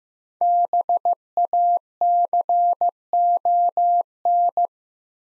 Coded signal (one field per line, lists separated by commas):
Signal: Morse code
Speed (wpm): 15 wpm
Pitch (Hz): 700 Hz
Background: none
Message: BACON